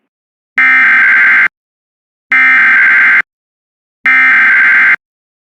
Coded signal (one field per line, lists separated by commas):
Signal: Emergency Alert System (SAME) tones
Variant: header bursts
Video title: EAS #239 Tornado Warning On WJON-IP